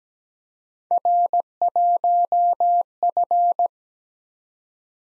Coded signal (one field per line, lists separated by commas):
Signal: Morse code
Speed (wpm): 17 wpm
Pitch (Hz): 700 Hz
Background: none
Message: R1F